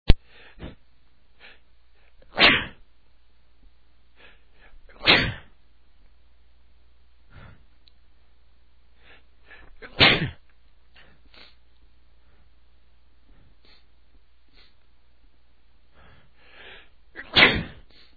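Four loud, sharp sneezes from an adult man at uneven intervals over about 18 seconds, each a sudden explosive burst of air. Faint breathy intakes and small noises come between them in an otherwise quiet room. A run of many repeated ordinary sneezes.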